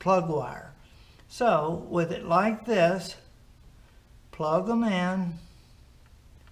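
Someone talks while handling an LED headlight's wiring plug, lining it up with its mating plastic connector on the vehicle harness so the yellow wire goes to the positive side. Only speech and faint handling noise are heard, and nothing has seated or clicked yet when the clip ends.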